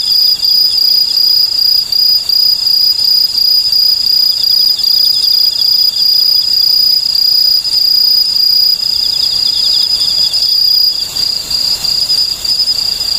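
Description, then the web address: Okame cricket song, rapid bright chirps over a steady shrill tone; toward the end the background chorus shifts and thins slightly. "sikioto insect okamekourogi"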